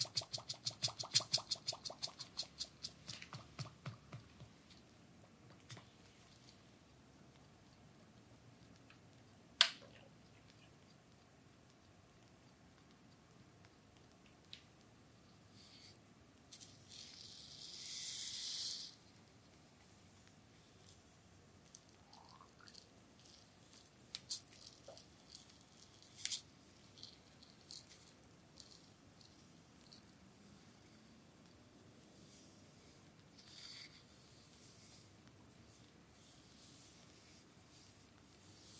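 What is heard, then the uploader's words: A bamboo massage: sparse taps and clicks, a sharp knock near ten seconds, and a brief hiss around eighteen seconds over a quiet hush. ASMR Full body massage with bamboo.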